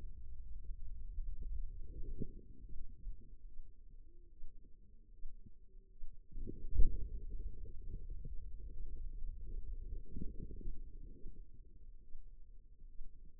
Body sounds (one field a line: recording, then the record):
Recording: forearm muscle sounds (acoustic myography)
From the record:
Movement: pen grasping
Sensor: system 2, bracelet of six BSWA MPA416 microphones around the upper forearm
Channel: 3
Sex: female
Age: 25 years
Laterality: right